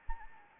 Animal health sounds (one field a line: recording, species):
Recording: mosquito wingbeat signal from an infrared sensor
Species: Anopheles arabiensis